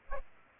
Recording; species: mosquito wingbeat signal from an infrared sensor; Aedes aegypti